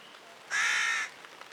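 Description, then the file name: Carrion crow uttering one drawn-out, harsh, grating caw lasting about half a second over quiet background. "Corvus corone"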